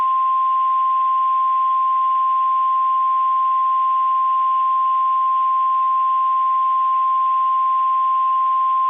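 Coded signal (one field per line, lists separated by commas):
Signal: Emergency Alert System (SAME) tones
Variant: 1050 Hz attention tone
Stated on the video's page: Fictional simulated scenario.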